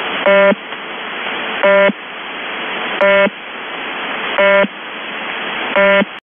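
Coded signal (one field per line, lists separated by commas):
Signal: channel marker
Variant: UVB-76 (The Buzzer)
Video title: 26 January 2022 04:40:39 UTC - UVB-76 (The Buzzer) is back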